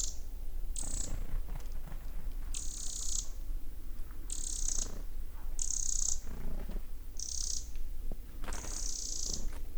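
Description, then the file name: Eurasian wren calling in a run of high, buzzy churring bursts, seven in ten seconds, above low background hum. "Troglodytes troglodytes"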